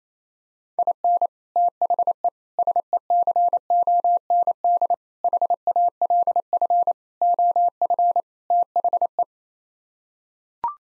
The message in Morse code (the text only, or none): IN THE SECOND HALF OF THE